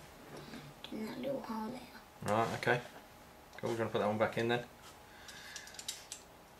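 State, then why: Seated. A child pushes a plastic Lego flick-fire missile back into its launcher slot on the Lego Marvel Super Heroes Spider-Man set 30302 while someone talks. Short plastic clicks are heard at 5.9 s and 6.1 s as the missile seats in the launcher.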